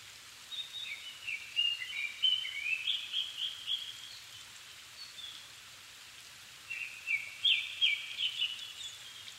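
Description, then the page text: Japanese thrush song: a long, varied phrase of fluty whistles and warbles, a brief pause, then another rapid whistled phrase, with steady hiss behind. Recorded 7 May 2011 at 17:59, evening; altitude 270 m; Sony PCM-D50 recorder with Panasonic WM-61A mic. "kurotugumi-20110507-1759. Turdus cardis [Sounds -Nikko Today-]"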